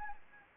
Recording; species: mosquito wingbeat signal from an infrared sensor; Anopheles arabiensis